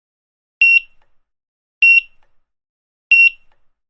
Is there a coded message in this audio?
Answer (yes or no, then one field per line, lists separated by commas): no